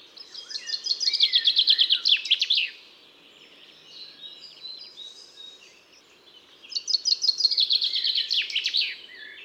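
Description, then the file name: Common chaffinch song given twice, each a bright rattling descending trill with a final flourish, separated by several seconds of faint background twittering. "Pinson des arbres"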